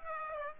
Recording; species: mosquito wingbeat signal from an infrared sensor; Aedes aegypti